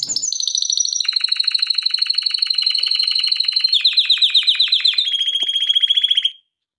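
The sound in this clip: Canary song, continuous rapid trills in successive tours, each holding a pitch before shifting higher or lower, ending abruptly.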